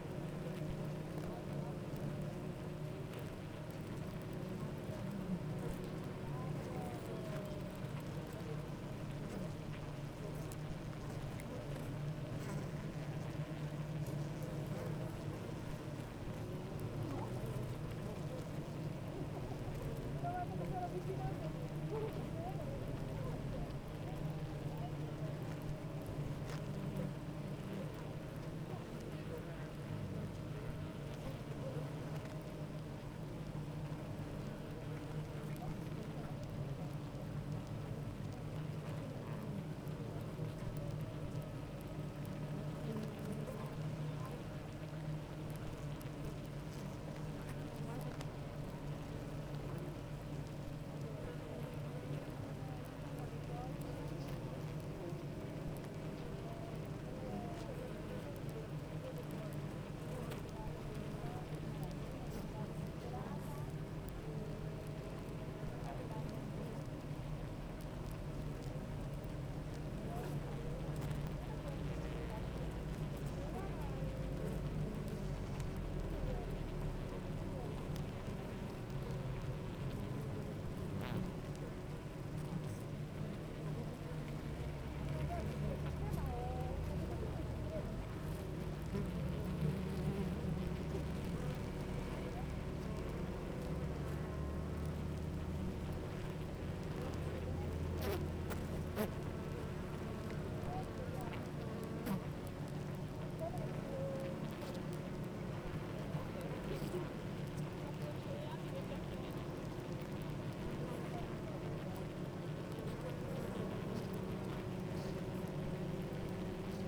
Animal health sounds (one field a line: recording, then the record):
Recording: honeybee colony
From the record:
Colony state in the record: active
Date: 28 July 2017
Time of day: 9:03